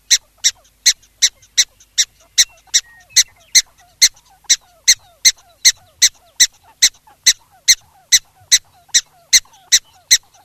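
Black-tailed prairie dog in a long, steady run of many sharp, high barks, each a quick chirp-like yip, with faint soft calls behind.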